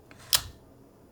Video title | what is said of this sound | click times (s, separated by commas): Sony A300 Video 2: Operation and Use, Change Batteries, Lenses, and PASM Modes | Rotate it until it clicks in place. And now you've mounted a new lens on your camera. | 0.3 s